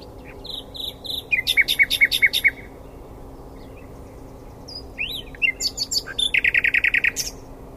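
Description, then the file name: Common nightingale singing rapid repeated chirps in short bursts, a pause, then varied slurred notes and a fast buzzy trill. "Luscinia megarhynchos"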